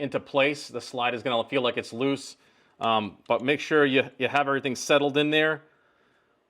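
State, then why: Not seated. A man talks throughout while a Volquartsen Mini 3" Black Mamba LLV upper receiver assembly is handled and pinched together onto the lower frame of a Ruger 22/45 Mark IV rimfire pistol, with the safety on. Only speech is heard, with short pauses, and nothing has seated or clicked yet.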